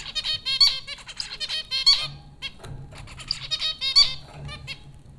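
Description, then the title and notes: Zebra finch calls, a busy run of bright nasal beeps and short honking notes repeated in quick irregular clusters throughout, over a faint low hum. Zebra finches recorded by Dan Bodah at Popcorn School, Flatbush, Brooklyn, New York, in April 2009. "Dronecast: The Popcorn Finches Four from Apr 15, 2009. Zebra finches recorded by Dan Bodah at Popcorn School, Flatbush, Brooklyn NY in April 2009"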